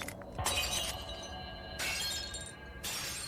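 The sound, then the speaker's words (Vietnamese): Household belongings crash and shatter in a loud, jumbled burst, with bright glassy breaking noise flaring up in three separate waves and tinkling debris ringing between them. “Bên ngoài là tiếng bước chân chạy thình thịch, ngay sau đó là tiếng đồ đạc đổ vỡ.”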